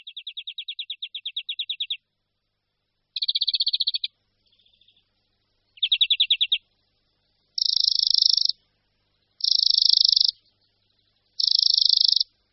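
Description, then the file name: European greenfinch delivering steady trills, then three drawn-out nasal wheezes repeated about every two seconds. "Zvonek-zelený"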